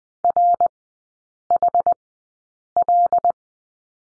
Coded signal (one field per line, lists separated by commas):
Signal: Morse code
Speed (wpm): 20 wpm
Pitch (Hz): 700 Hz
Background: none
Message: RHL